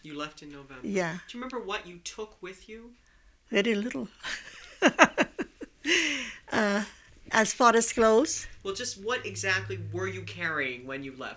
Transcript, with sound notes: You left in November. Do you remember what you took with you?
Very little. ( she laughs ) Uh, as far as clothes? Well, just what exactly were you carrying when you left?